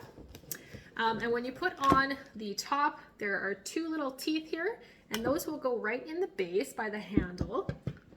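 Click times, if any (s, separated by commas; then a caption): none. Someone talks while handling the plastic top of a hand-crank whip mixer, lowering it so its two small teeth go into the mixing bowl base beside the handle, to nestle it in so the top won't come off. Only a few faint plastic contact taps are heard near the start and at the very end. The clip ends before the top goes home, so nothing has seated or clicked yet.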